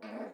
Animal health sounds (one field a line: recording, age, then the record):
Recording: pig call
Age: piglet (1 to 25 days)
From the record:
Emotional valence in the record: negative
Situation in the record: restrain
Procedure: in the arms of a person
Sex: female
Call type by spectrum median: low-frequency call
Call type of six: low-frequency stable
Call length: 0.33 s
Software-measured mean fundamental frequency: 63 Hz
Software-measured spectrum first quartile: 288 Hz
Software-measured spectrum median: 532 Hz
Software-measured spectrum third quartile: 843 Hz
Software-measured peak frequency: 232 Hz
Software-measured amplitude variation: 116 dB a second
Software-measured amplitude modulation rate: 16.5 a second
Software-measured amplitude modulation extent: 7.0 dB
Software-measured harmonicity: 1.6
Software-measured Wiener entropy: -0.10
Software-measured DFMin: 977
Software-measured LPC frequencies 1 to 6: 597, 1561, 2304, 3944, 4625, 6876 Hz